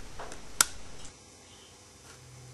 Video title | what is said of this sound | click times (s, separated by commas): How To Make a Wooden Lock | and make sure it clicks home nicely | 0.6 s